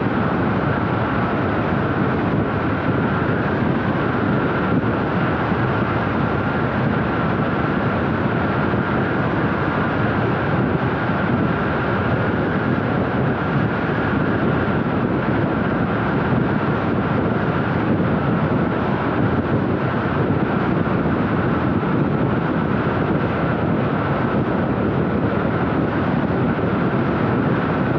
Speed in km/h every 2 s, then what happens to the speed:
101, 102, 103, 103, 103, 103, 103, 101, 99, 97, 97, 97, 96, 95.
0-12 steady at about 103. 12-28 slows to 95.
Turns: none.